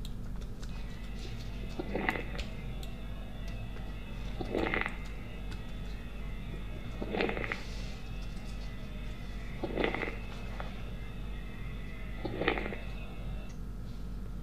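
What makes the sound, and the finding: Lungs by stethoscope. Crackles (moist rales).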